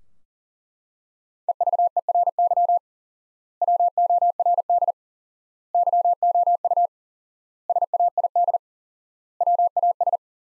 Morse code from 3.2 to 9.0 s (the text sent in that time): WORD YOU SAID